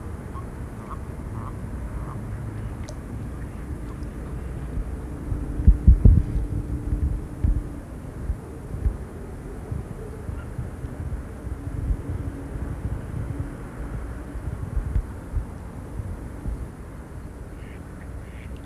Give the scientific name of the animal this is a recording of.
Bufo bufo